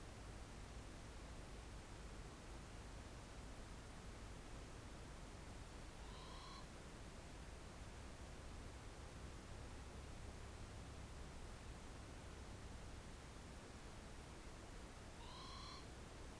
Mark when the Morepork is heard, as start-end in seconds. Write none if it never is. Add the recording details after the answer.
5.92-6.67, 15.11-15.87. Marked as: faintness 3/5. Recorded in New Zealand on 4 June 2017. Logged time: 21:16. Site Taranaki